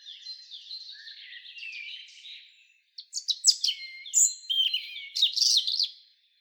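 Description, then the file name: European robin song with soft, wavering high warbling, a brief pause, then a louder cascade of thin, sharp, tumbling notes and trills. "Erithacus rubecula"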